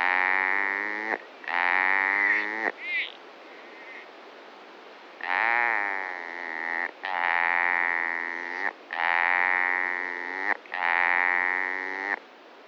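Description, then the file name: Italian agile frog calls: drawn-out, nasal, harmonic notes about a second and a half long, given in a series with short pauses and a brief higher squeak between. "Rana latastei"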